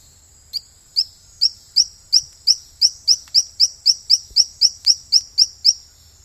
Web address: Frogs of Ecuadorian Amazon Colostethus cf marchesianus